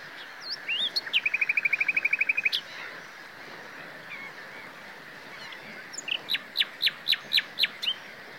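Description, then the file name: Common nightingale song: a rapid even trill of many identical notes, a pause, then a slower series of sharp, evenly spaced notes. "Luscinia megarhynchos"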